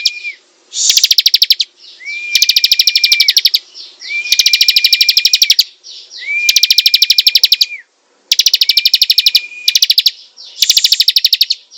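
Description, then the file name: Prinia repeating loud phrases of quick clicking notes, most carried over a flat, sustained whistle, in several bursts with brief silences. Singing vigorously, described as gacor. "prenjak gacor"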